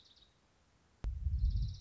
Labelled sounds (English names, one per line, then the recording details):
Orange-crowned Warbler
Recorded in Sonoma County, California